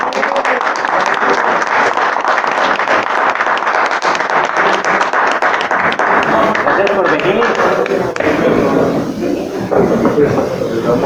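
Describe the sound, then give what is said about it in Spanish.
A steady burst of loud applause following a group prayer, many hands clapping in a dense, continuous patter that holds for several seconds with voices mixed into the crowd noise. “En el nombre del Padre, en el nombre del Espíritu Santo, te damos un fuerte aplauso.”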